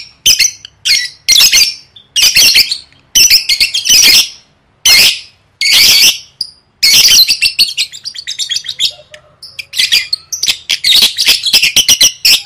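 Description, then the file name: Lovebird uttering strident, grating squawks in clustered bursts, then a stretch of faster, rattling chatter toward the end. "tieng vet mau don"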